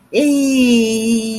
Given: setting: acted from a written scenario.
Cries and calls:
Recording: vocal sound without words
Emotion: pride

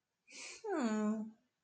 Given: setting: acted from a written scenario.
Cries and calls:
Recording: vocal sound without words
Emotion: pride

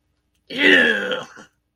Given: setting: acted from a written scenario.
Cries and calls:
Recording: vocal sound without words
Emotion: disgust

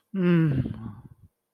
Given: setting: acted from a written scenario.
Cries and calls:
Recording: vocal sound without words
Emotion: sympathy

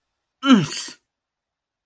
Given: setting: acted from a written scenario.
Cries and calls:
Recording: vocal sound without words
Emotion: pain

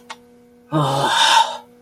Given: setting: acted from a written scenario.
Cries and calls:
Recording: vocal sound without words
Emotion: contempt

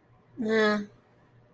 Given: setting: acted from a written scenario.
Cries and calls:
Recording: vocal sound without words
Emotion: neutral

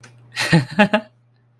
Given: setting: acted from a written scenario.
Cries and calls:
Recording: vocal sound without words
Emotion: amusement

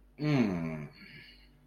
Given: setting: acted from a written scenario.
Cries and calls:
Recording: vocal sound without words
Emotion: ecstasy

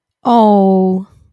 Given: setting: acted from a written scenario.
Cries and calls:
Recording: vocal sound without words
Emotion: adoration

